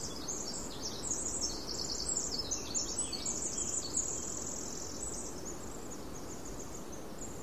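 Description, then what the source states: Winter Wren twittering: very high, rapid jumbled notes that run on almost without pause over a steady rushing background hiss. Very high-pitched call-off twitter along a tall, tree-lined, ferned rainforest trail draped in moss in the Pacific Northwest; possibly about 100 feet away.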